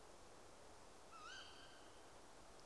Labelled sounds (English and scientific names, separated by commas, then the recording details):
Tawny Owl (Strix aluco)
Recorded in Germany
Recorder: ecoPi